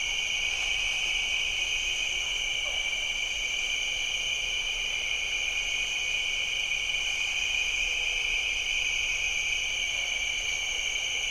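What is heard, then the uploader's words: A diffuse evening chorus of bird-voiced treefrogs forms a steady, dense whistling hum in two bright bands, unbroken and even throughout. Jessamine Bayou is a seasonally flooded forest in the heart of America's Amazon, the Mobile-Tensaw River Delta. These recordings are taken from overnight "drop rigs" left at the edge of a tributary surrounded cypress swamp and adjacent to a field of saw palmetto. In the evening a diffuse chorus of bird-voiced treefrogs. Crickets and katydids tune up.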